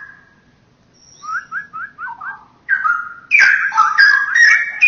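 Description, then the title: Oriental magpie-robin song opening with a soft whistle and a run of short down-slurred notes, then breaking into loud, rich warbling. "Kicau Kacer"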